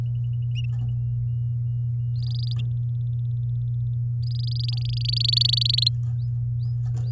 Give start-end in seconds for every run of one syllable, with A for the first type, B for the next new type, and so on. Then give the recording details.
2.22-2.54 A, 4.23-5.75 A, 5.77-5.89 B. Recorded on 10 May 2018 at 12:34. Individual llb16